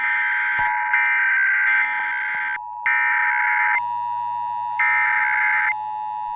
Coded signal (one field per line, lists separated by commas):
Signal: Emergency Alert System (SAME) tones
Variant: header bursts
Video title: National EAS Test of 2018 - October 3rd. 2018